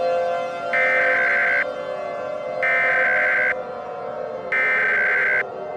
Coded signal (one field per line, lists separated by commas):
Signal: Emergency Alert System (SAME) tones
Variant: header bursts